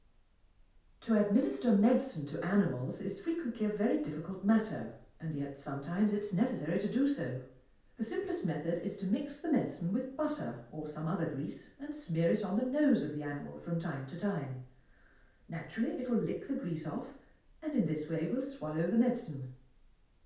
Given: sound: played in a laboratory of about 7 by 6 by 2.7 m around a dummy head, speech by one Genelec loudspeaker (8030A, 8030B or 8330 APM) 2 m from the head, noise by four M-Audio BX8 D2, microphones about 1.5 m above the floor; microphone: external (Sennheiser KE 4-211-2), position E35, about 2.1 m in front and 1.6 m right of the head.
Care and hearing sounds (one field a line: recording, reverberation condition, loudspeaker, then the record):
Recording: female speech in English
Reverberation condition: medium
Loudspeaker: 150 degrees to the right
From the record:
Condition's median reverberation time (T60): about 510 ms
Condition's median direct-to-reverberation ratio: about -0.5 dB